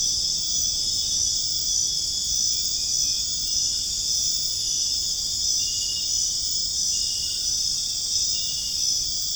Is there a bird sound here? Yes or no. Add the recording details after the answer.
no. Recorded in dense forest near Puerto Asís, Putumayo, Colombia, on 22 June 2025 at 21:00. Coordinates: 0.481, -76.323. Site G072